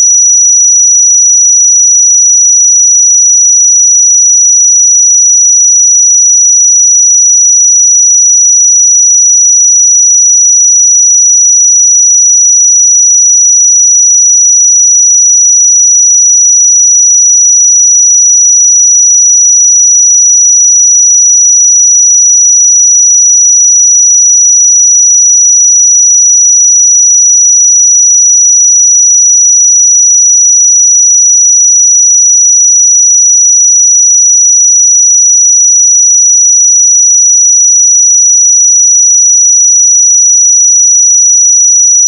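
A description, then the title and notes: A pure sine tone at 5863 Hz holds perfectly steady for the full forty-two seconds. The high, thin whistle never wavers in pitch or loudness, with no other sounds around it. 5863 Hz 1 Hz Interval Sine Pure Tone Frequency 441000 Sample Mono.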